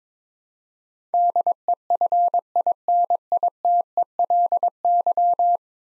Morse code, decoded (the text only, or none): DEFINITELY